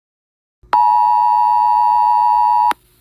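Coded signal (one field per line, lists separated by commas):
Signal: Emergency Alert System (SAME) tones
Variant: 853 and 960 Hz attention tone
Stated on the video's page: Wireless Emergency Alert tornado warning update received on a phone.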